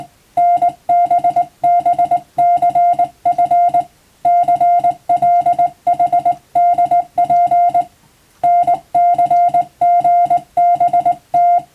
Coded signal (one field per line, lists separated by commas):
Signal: Morse code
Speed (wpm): 20 wpm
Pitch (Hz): 700 Hz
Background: music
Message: NBBCF CLHDP NCGBT